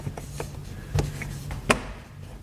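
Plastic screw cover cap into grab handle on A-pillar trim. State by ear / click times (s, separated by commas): seated / 1.7 s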